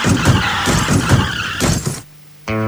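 Cars roar and skid with harsh, noisy screeching for about two seconds, then a brief lull before a loud, steady, tonal squeal starts up at the end.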